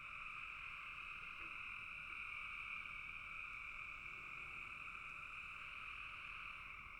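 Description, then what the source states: Frogs in a dense chorus, even and buzzing throughout, with faint lower notes early on. Frogs calling in a bog.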